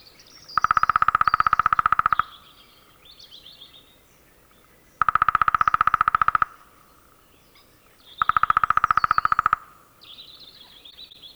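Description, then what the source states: Lesser spotted woodpecker drumming: three long, steady, rapid rolls, with thin high bird calls between the bursts. Field recording.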